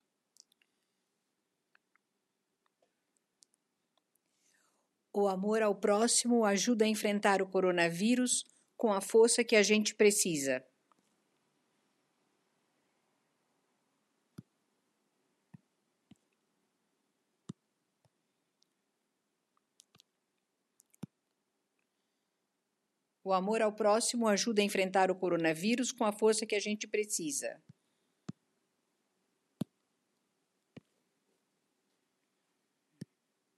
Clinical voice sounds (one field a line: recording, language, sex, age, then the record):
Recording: spoken sentence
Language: Brazilian Portuguese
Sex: female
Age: 70 to 79 years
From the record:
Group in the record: control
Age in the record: 76 years